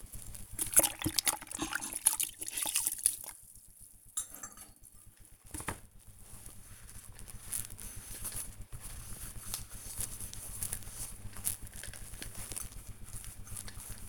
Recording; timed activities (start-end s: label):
household activities, microphone on the right wrist
0.00-14.09 s: cleaning the cupboard